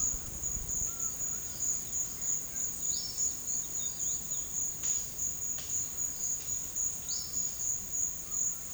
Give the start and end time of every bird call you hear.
2.82s-4.55s: bird call (2.8-6.0 kHz)
7.08s-7.59s: bird call (2.9-5.8 kHz)

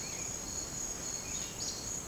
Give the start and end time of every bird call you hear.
0.00s-2.08s: bird call (1.5-5.3 kHz)

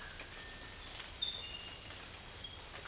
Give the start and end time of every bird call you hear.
0.33s-0.64s: bird call (1.7-2.1 kHz)

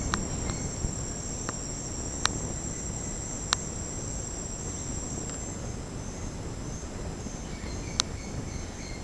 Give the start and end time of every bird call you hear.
0.00s-0.94s: bird call (1.5-4.9 kHz)
7.46s-9.04s: bird call (1.4-4.9 kHz)

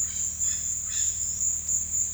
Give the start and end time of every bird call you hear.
0.04s-1.18s: bird call (1.2-6.0 kHz)

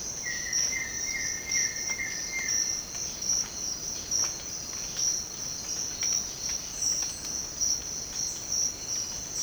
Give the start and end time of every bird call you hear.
0.20s-2.55s: bird call (1.5-2.6 kHz)

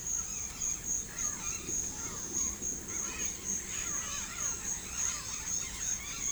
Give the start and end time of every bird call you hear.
0.00s-6.32s: bird call (0.8-4.6 kHz)

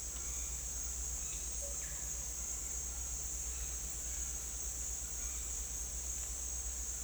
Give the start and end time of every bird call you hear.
0.19s-0.60s: bird call (0.9-4.4 kHz)
1.19s-1.95s: bird call (0.4-4.5 kHz)

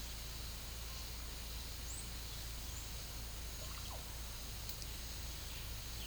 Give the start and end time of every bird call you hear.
1.65s-4.06s: bird call (0.2-9.2 kHz)

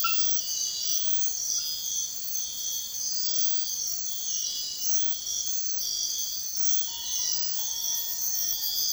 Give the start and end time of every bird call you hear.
6.85s-8.85s: bird call (0.6-2.0 kHz)

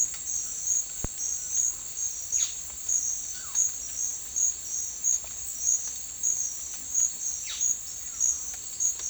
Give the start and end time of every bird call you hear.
2.34s-2.60s: bird call (0.8-5.0 kHz)
3.31s-3.63s: bird call (0.4-2.7 kHz)
7.43s-7.67s: bird call (0.6-4.6 kHz)

